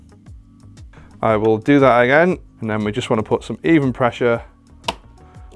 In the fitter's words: until it clicks on both sides